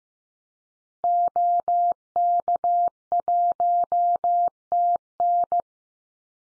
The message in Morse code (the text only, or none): OK1TN